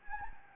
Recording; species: mosquito wingbeat signal from an infrared sensor; Anopheles gambiae